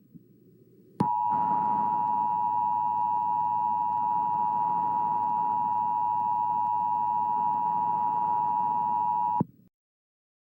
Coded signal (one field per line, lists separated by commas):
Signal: Emergency Alert System (SAME) tones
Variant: 853 and 960 Hz attention tone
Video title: (EAS SCENARIO) THE POOP MONSTER. MADE BY ME.